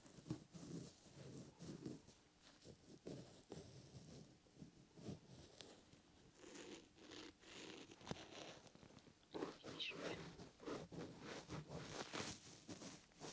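Ear massage and ear cleaning: a continuous stream of soft rubbing, scratching and crackling, dense and irregular, with low muffled brushing underneath. Brief brighter scrapes and clicks punctuate it, notably around 8 seconds and again near 9 to 11 seconds.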